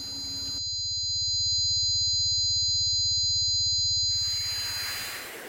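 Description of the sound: Several steady, piercing high-pitched whistling tones sit over a band of high hiss, with a low, rapidly pulsing buzz underneath, before the hiss spreads into a broader rushing noise. A simulation of one person's tinnitus, the constant ringing and buzzing they perceive.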